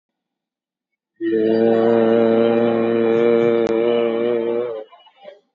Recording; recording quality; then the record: sustained vowel as in made; excellent, no background noise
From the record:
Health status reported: COVID-19 positive, moderate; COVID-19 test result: positive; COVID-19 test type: RT-PCR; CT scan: taken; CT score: 15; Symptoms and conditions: cough, cold, fever, muscle pain, loss of smell and taste, diarrhoea, another condition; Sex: male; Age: 55 years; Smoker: no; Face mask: worn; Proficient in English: yes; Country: India